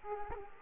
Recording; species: mosquito wingbeat signal from an infrared sensor; Culex quinquefasciatus